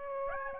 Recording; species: mosquito wingbeat signal from an infrared sensor; Aedes aegypti